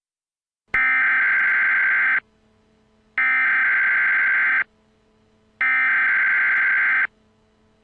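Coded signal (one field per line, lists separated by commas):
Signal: Emergency Alert System (SAME) tones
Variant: header bursts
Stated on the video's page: Fictional EAS scenario, not a real alert.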